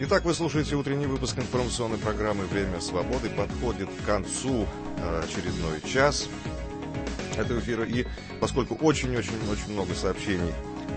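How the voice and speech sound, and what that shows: An adult man speaks Russian in a fluent, steady radio-announcer delivery, with a low, even pitch and no blocks, slurring or strained voicing. The repeated "very-very-very" is deliberate emphasis. A soft background bed runs under the voice.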